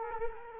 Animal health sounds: mosquito wingbeat signal from an infrared sensor; Culex quinquefasciatus

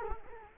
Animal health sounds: mosquito wingbeat signal from an infrared sensor; Culex quinquefasciatus

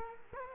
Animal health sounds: mosquito wingbeat signal from an infrared sensor; Culex quinquefasciatus

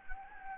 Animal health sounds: mosquito wingbeat signal from an infrared sensor; Anopheles gambiae

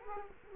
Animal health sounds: mosquito wingbeat signal from an infrared sensor; Culex quinquefasciatus

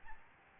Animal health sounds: mosquito wingbeat signal from an infrared sensor; Aedes albopictus

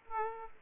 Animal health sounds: mosquito wingbeat signal from an infrared sensor; Aedes aegypti

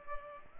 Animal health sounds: mosquito wingbeat signal from an infrared sensor; Culex pipiens

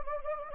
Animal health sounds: mosquito wingbeat signal from an infrared sensor; Anopheles gambiae

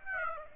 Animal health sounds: mosquito wingbeat signal from an infrared sensor; Aedes aegypti

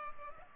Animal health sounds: mosquito wingbeat signal from an infrared sensor; Culex pipiens

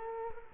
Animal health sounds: mosquito wingbeat signal from an infrared sensor; Culex quinquefasciatus

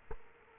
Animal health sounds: mosquito wingbeat signal from an infrared sensor; Culex quinquefasciatus

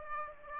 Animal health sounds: mosquito wingbeat signal from an infrared sensor; Aedes aegypti

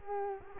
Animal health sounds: mosquito wingbeat signal from an infrared sensor; Culex quinquefasciatus

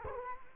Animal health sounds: mosquito wingbeat signal from an infrared sensor; Culex quinquefasciatus

